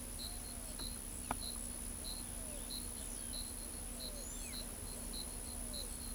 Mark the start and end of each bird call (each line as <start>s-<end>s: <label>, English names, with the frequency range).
0.14s-5.90s: Pale-vented Pigeon (0.3-0.9 kHz)
4.14s-4.55s: Palm Tanager (5.6-8.3 kHz)